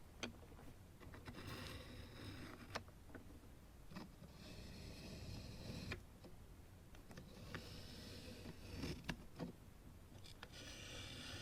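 Scratching and tapping with nails on objects: sharp taps scattered irregularly throughout, with bursts of bright, dry scratching around 2, 5 and 8–9 seconds. A steady low rumble runs underneath the whole time.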